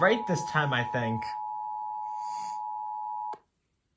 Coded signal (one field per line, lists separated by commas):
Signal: Emergency Alert System (SAME) tones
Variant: 853 and 960 Hz attention tone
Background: speech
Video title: EAS 620 - WTOP FFW (on time for once)